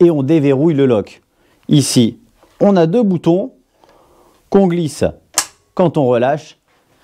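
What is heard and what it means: Someone talks while sliding the two buttons of the folding stem lock on the frame of an Unagi E500 electric scooter, with a faint brief noise near 3.8 seconds between phrases. The lock is only being handled, and nothing has seated or clicked yet.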